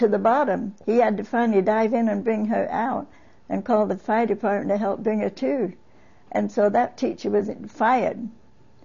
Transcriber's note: none